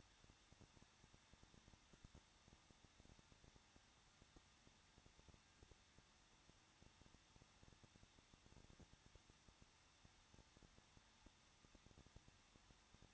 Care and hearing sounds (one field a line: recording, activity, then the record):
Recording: daily activity, microphone in the room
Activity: no activity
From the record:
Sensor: 3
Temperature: 21.2 degrees Celsius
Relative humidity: 36.3%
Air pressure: 1006.3 hPa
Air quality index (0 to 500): 221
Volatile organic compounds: 40 ppm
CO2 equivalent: 3149 ppm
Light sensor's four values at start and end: 2/3/2/2 and 2/3/2/2